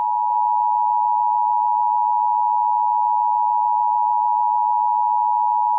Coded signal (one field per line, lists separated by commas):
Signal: Emergency Alert System (SAME) tones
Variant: 853 and 960 Hz attention tone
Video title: Eas Mock Scenario: Black Fog